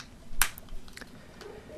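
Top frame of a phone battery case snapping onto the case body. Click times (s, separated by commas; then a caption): 0.4 s, 0.9 s, 1.0 s. The plastic top frame of a MOTA MFi-certified battery case for the iPhone 5/5s is pressed around its edge so its contact points snap onto the case body. A sharp, bright snap sounds at 0.4 s, followed by quieter clicks at 0.9 s and 1.0 s. The top frame is seated.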